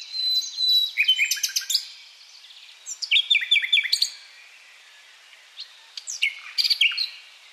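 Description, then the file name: Common nightingale song: quick clusters of sharp chirps and rattling repeated notes, with pauses between phrases. "Luscinia megarhynchos"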